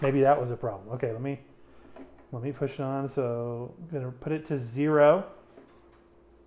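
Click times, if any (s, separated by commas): none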